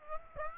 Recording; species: mosquito wingbeat signal from an infrared sensor; Aedes aegypti